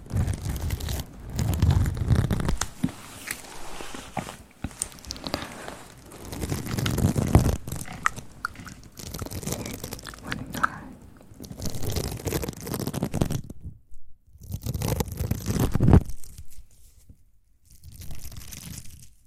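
Wet mouth sounds and handling noise on a microphone, with rough rubbing, swirling and gripping that swell and fade in uneven bursts. Sharp little clicks and taps dot the stretch, and two brief near-silences break it around fourteen and seventeen seconds.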